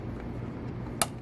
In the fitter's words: and you'll hear it click.